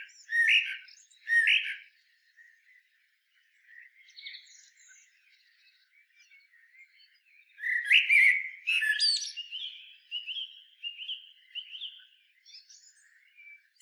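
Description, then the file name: Common blackbird song with two short loud warbles, quiet twittering, then a louder phrase of whistled notes sliding into scratchy chatter. "Turdus merula"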